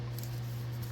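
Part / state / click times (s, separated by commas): brake wear sensor wire harness into plastic retaining holder / seated / 0.2 s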